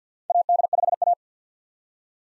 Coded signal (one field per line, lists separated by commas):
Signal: Morse code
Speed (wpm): 50 wpm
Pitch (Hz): 700 Hz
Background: none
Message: AD5A